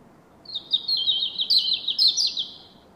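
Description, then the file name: European robin singing one rapid, high, tinkling phrase of quick warbled notes, trilled and wavering, over faint low background hiss. "Erithacus rubecula"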